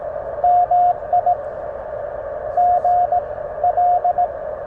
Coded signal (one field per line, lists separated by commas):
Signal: Morse code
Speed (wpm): 16 wpm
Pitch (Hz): 700 Hz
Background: radio noise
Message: MI GL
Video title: POTA in CW at Dunbar Cave State Park